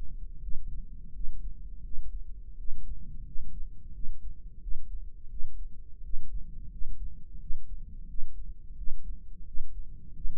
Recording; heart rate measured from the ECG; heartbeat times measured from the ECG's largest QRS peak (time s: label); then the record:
heart sounds by microphone in the right ear; 86 bpm
0.43 s: heartbeat
1.16 s: heartbeat
1.85 s: heartbeat
2.60 s: heartbeat
3.28 s: heartbeat
3.96 s: heartbeat
4.63 s: heartbeat
5.32 s: heartbeat
6.06 s: heartbeat
6.73 s: heartbeat
7.42 s: heartbeat
8.10 s: heartbeat
8.79 s: heartbeat
9.48 s: heartbeat
10.16 s: heartbeat
From the record:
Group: healthy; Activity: rest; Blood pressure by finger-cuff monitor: 141/79 mmHg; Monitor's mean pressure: 97 mmHg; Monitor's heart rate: 86 bpm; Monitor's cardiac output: 7.4 L/min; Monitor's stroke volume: 87 mL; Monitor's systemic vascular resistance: 970 dyn s/cm5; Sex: male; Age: 21 years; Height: 175 cm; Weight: 72.6 kg